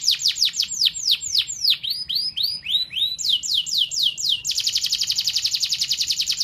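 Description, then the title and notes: Canary song of repeated falling whistles, then upslurred notes, ending in a very fast even trill. Master canary song, described as solid (mantap). "Suara Burung Kenari Masteran. master suara burung kenari mantap"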